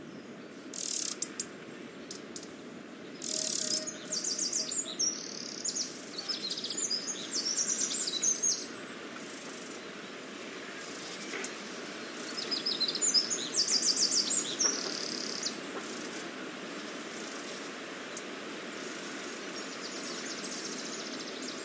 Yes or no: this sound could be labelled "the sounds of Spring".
yes